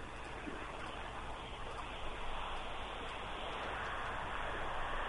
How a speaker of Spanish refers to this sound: A ver, si logro que se escuche el ruido del agua, que no tiene la virulencia que tenía allá en Roque Pérez, a ver.